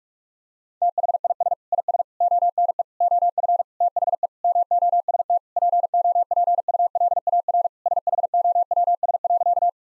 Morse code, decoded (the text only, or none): THIS IS ONE OF THE MOST POPULAR SHOWS.